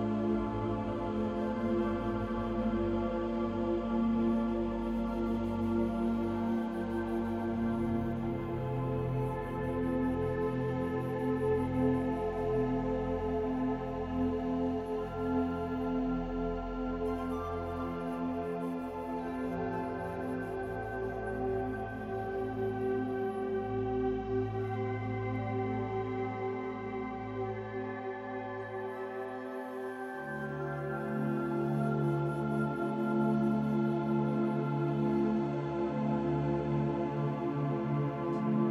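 Soft, soothing music with long held tones, sounding like layered pads with a ringing, bowl-like quality over a deep bass. The chords shift slowly, with clear changes near 15, 20 and 30 seconds, and the loudness stays even throughout.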